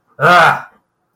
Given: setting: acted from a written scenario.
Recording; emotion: vocal sound without words; anger